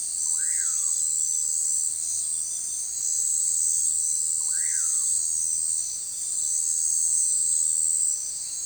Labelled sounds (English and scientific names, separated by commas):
Common Pauraque (Nyctidromus albicollis)